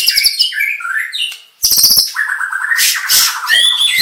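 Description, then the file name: White-rumped shama song with fast stuttering notes, a short gap, then dense rattling trills and harsh buzzy phrases. Aceh variety of white-rumped shama, full song variation. "Suara Burung Murai Batu Aceh Variasi Lengkap"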